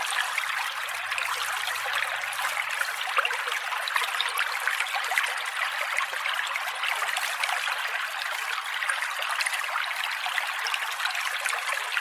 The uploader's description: A gentle running stream